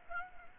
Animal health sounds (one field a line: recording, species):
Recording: mosquito wingbeat signal from an infrared sensor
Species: Aedes aegypti